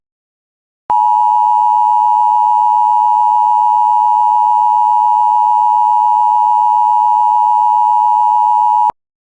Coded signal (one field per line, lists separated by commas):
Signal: Emergency Alert System (SAME) tones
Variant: 853 and 960 Hz attention tone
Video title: Severe Thunderstorm Warning for Menomine, MI (EAS #126)